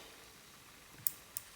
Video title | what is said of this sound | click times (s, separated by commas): Partie 1 - Turnigy Eclipse déballage - unboxing - FR | voilà donc il faut le faire avec un petit tournevis on entend bien clic donc | 1.1 s